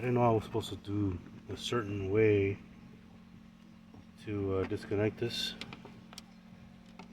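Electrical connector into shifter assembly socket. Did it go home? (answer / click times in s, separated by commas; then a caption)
yes / 6.1 s, 6.2 s. On a 2000 Mercedes-Benz S-Class being repaired for a shifter stuck in park, an electrical connector at the shifter assembly is pushed onto its plastic socket while someone talks. Two sharp clicks are heard at 6.1 s and 6.2 s as the connector clicks in and seats.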